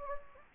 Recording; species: mosquito wingbeat signal from an infrared sensor; Anopheles gambiae